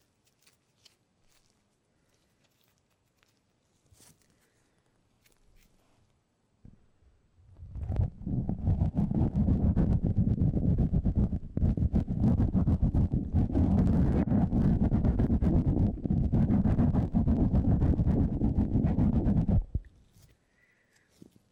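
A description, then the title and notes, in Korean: A bristly brush scrubs across the microphone in fast, dense, close strokes from about seven seconds to nearly twenty, after quiet, faint taps. 마이크를 팁브러시로 슥슥.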